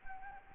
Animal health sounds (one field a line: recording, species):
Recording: mosquito wingbeat signal from an infrared sensor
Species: Anopheles gambiae